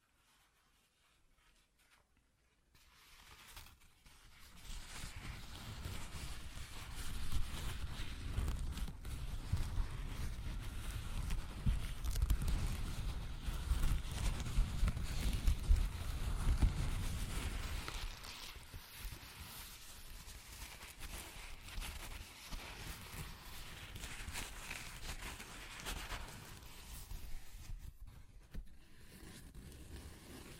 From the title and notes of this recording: ASMR Paper Ripping Tearing Sounds (No Talking).